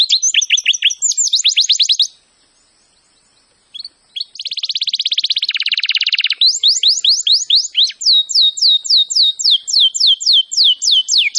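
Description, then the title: Canary song: quick whistled trills, a pause, then a long buzzy rattling roll stepping down in pitch and a run of sharp down-slurred whistles. "Kenari Gacor"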